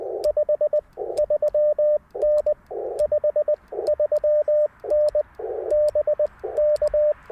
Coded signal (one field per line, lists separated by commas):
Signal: Morse code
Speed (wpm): 20 wpm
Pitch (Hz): 600 Hz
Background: radio noise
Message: 53N 53N BK